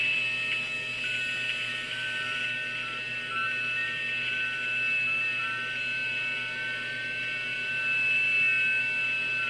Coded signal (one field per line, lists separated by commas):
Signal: FT8